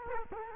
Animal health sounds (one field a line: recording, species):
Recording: mosquito wingbeat signal from an infrared sensor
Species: Culex quinquefasciatus